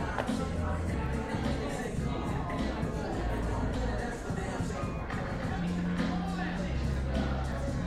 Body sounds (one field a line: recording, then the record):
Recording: background sound without coughing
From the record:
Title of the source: 60 minutes of coffee shop sounds for study and concentration